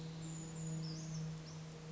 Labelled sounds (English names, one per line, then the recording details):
Brown Creeper
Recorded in Sonoma County, California